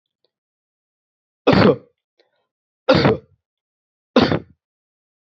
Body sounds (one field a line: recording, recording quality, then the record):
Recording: heavy voluntary cough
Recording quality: excellent, no background noise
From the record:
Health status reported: healthy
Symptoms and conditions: none ticked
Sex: male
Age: 22 years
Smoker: not ticked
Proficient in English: yes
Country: Canada